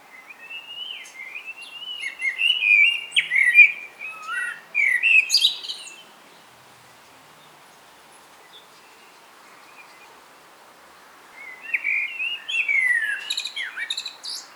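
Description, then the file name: Common blackbird singing two bouts of melodious whistles ending in high, squeaky twitters, with a silent gap of several seconds between them. "Turdus merula"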